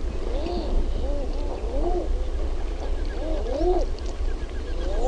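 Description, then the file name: Common eider cooing, a few mellow arched notes that rise and fall, over a low rumbling background. "HAAHKA"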